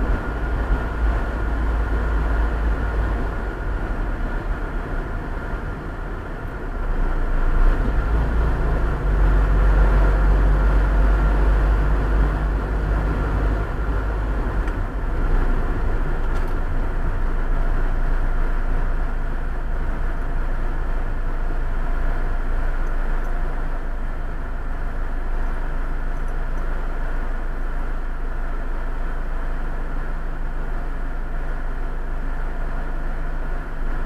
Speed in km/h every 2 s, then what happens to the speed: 53, 53, 51, 47, 45, 47, 48, 49, 41, 28, 21, 14, 6, 0, 0, 0, 0.
0-7 slows to 45. 7-14 steady at about 47. 14-25 brakes to 0. 25-34 standing.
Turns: 21-23.